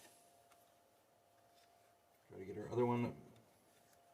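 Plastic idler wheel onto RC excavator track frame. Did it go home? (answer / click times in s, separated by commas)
no / none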